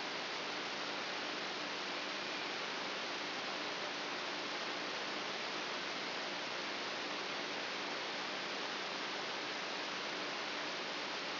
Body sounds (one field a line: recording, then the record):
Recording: brain microelectrode recording played as sound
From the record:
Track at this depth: outside the subthalamic nucleus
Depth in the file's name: 7.44 mm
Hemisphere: right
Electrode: 2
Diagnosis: Parkinson's disease